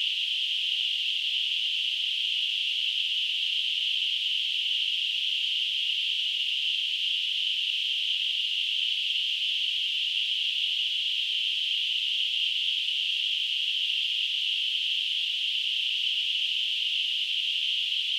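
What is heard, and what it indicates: A simulated tinnitus sound from gtl.org: a steady, continuous high-pitched hiss.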